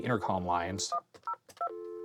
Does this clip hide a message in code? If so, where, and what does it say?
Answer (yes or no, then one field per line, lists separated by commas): yes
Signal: DTMF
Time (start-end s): 0.9-1.7 s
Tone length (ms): 90 ms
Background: speech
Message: 102